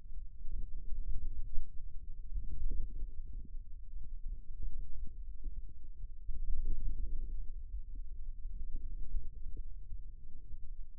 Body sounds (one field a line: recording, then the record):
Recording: forearm muscle sounds (acoustic myography)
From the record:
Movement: ulnar deviation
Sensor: system 2, bracelet of six BSWA MPA416 microphones around the upper forearm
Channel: 2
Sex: male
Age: 22 years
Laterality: right